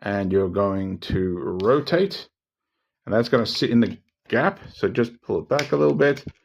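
A plastic crotch plate is being handled on a plastic toy robot during a transformation, flipped down and rotated into the gap in the waist, then pulled back a little. Someone talks throughout, with short pauses between phrases. Nothing has seated or clicked yet; the plate has not locked home by the end.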